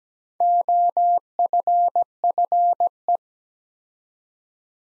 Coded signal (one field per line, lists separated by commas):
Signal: Morse code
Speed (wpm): 17 wpm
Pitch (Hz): 700 Hz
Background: none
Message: OFFE